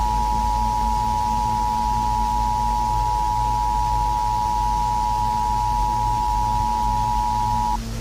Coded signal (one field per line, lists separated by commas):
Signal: Emergency Alert System (SAME) tones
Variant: 853 and 960 Hz attention tone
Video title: Run EAS Scenario remake horror analog